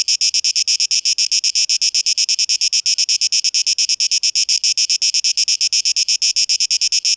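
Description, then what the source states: Cicada song: a harsh, high buzzing made of rapid pulses, steady and unbroken throughout. Recorded 12 August 2023; tape-echo-processed mix.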